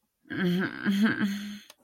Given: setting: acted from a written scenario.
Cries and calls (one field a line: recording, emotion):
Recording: vocal sound without words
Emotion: guilt